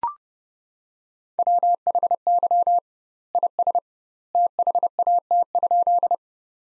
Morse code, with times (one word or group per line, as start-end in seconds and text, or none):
1.4-2.8 WHY
3.3-3.8 IS
4.3-6.1 THAT?